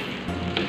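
A Cosmos CB 802 blender jar is turned or pushed onto its motor base over a steady low background hum until the safety lock gives a sharp click at 0.6 s. The click means the jar is locked in place and the blender is ready to use.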